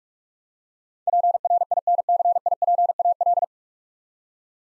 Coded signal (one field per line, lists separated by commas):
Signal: Morse code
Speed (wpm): 46 wpm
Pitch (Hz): 700 Hz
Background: none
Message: PRINCIPAL